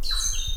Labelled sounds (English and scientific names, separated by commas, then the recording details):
Stitchbird (Notiomystis cincta) song
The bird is a male
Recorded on Tiritiri Matangi Island, New Zealand, in 2005
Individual 16, of nest box 24